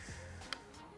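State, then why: Seated. The auto-dim electrical plug is pushed into its socket on the back of the door mirror glass, with the locking clip facing outwards on top, while fitting carbon fibre side mirrors to a BMW M3 G80 / M4 G82. Over steady background music, a single sharp click sounds at 0.5 s as the connector seats.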